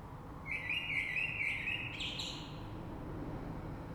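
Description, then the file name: Common blackbird giving a single rich fluted phrase that slides downward, then a short squeaky flourish, with low background noise throughout. Recorded on 3 March 2020. "Rush Merle"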